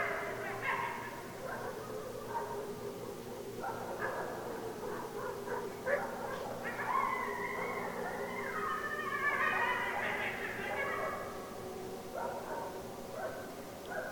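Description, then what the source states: Coyote chorus of jumbled yips and warbling cries, overlapping and strongest through the middle. Several coyotes recorded on 16 December 2012.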